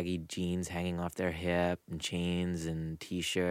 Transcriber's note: none